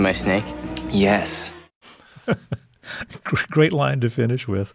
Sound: laughter

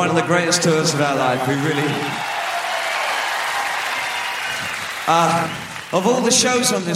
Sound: applause

